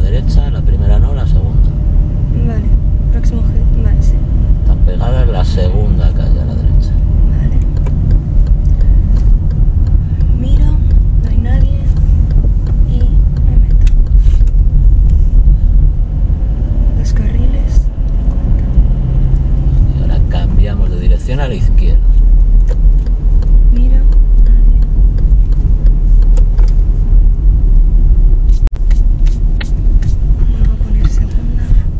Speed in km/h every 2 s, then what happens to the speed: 28, 27, 27, 27, 26, 24, 23, 26, 29, 34, 33, 32, 32, 29, 27, 25.
0-13 steady at about 27. 13-19 speeds up to 34. 19-32 slows to 25.